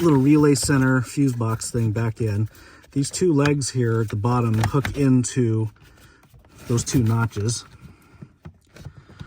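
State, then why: Not seated. Someone talks while refitting the plastic relay center fuse box into its dash mounting on a 2011 Volvo XC70 during a cabin air filter replacement. The two legs at its bottom are hooked into two notches before the top is pushed into its latch. Light handling knocks and taps follow the talk, and nothing has seated or clicked yet.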